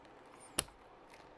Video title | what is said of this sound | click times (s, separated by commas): Mobo prep for Hyte y60 with screen build | Nice click. You heard that go in. Very good. | 0.6 s